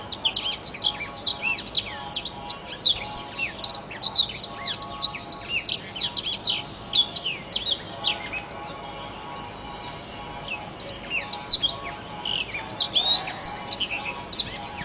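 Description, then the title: Oriental magpie-robin delivering long continuous song of rapid chirps, whistles and rising and falling slurs, pausing briefly before resuming. "Kicau Kacer"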